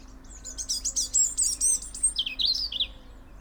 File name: Erithacus rubecula